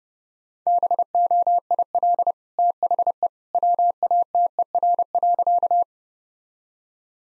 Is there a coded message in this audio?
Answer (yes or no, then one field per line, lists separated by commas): yes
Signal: Morse code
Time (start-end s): 0.7-5.8 s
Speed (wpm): 30 wpm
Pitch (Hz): 700 Hz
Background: none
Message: BOIL THE WATER.